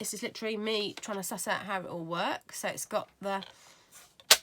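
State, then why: Seated. A plastic part is fitted to the body of a new paper trimmer while someone talks, working out how it goes together. A faint tap at 4.2 s is followed by a sharp, loud click at 4.3 s as the part snaps into place on the trimmer, unlike the other trimmer.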